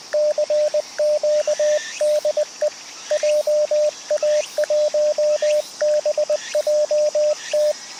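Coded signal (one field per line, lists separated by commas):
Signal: Morse code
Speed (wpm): 20 wpm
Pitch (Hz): 600 Hz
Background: radio noise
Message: CQ DE JA1BJT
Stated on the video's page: CW from a park activation (POTA) sent at 20/18 WPM by a CW beginner running CQ POTA, on 7 MHz then 10 MHz.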